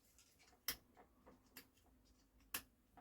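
A metal slip ring is pushed back onto a clutch pressure plate, with faint light taps and sharp metallic hits at about 0.7 s and 1.6 s. The ring snaps into place with a sharp click at 2.6 s and is seated.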